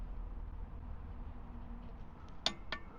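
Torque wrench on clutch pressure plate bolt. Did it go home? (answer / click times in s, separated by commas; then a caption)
yes / 2.5 s. A torque wrench tightens a clutch pressure plate bolt on a Unimog; the bolts need little force to tighten. The wrench gives a sharp metallic click at 2.5 s as the set torque is reached, followed by a second, weaker click about a quarter-second later over a low background rumble. The torque setting is confirmed reached.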